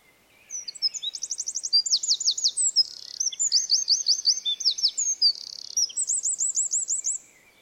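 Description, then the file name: Eurasian wren pouring out a loud, high-pitched song of rapid trills and sharp repeated notes, several distinct rattling sections in quick succession. "Troglodytes troglodytes"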